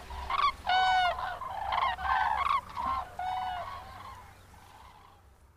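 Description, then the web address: Common crane trumpeting: several quick, harsh, rolling honks in the first three and a half seconds, then weaker calls fading out. "Madardalok Cd 3. Daru"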